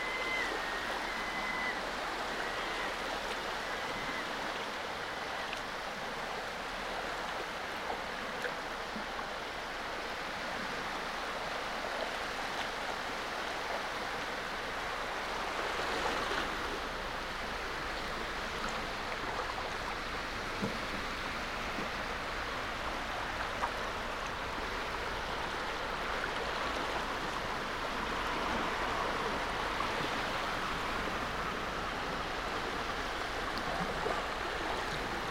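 Coastal sound at Nothe Fort on the Jurassic coast: a dense, steady wash of water noise with a rushing hiss across the mid and upper range. The level stays nearly constant for the whole clip, with slight swells around sixteen and thirty seconds.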